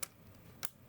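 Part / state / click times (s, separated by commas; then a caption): plastic screen bezel clips into laptop display lid / seated / 0.0 s, 0.6 s. Two sharp plastic clicks at 0.0 s and 0.6 s as a plastic screen bezel on an HP Victus gaming laptop is pressed along its side during screen reassembly, snapping its clips into the display lid. The clicks stand out clearly over quiet background noise, and the bezel clips are seated.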